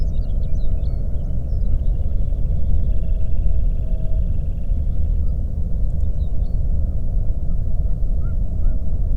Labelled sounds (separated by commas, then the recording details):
songbird, waterfowl, flare stack
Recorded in the Prudhoe Bay oil fields, Alaska, on 22 May 2019 at 01:30
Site 25